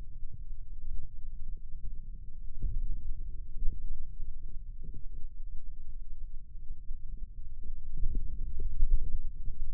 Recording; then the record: forearm muscle sounds (acoustic myography)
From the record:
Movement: hand opening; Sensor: system 2, bracelet of six BSWA MPA416 microphones around the upper forearm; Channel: 2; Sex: male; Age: 22 years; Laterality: right